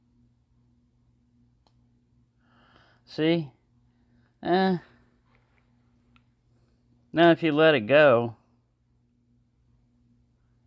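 A blade of a Rough Ryder RR2438 tortoise shell slip-joint doctor's knife is let go to close into its handle while someone talks, with only a few faint small ticks between the words. The blade does not snap into place, and no crisp closing snap is heard; nothing has clicked shut yet.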